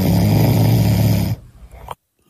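A loud, low-pitched snore from an adult sleeper, lasting about a second and a half before fading into quiet.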